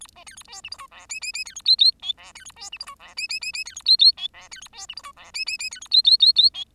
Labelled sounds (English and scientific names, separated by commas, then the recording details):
Bengalese Finch (Lonchura striata domestica) song
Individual Bird10